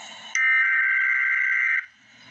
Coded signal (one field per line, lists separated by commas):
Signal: Emergency Alert System (SAME) tones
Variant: header bursts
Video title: Emergency Alert System - Special Weather Statement - Jan 23, 2025 at 6:38 PM EST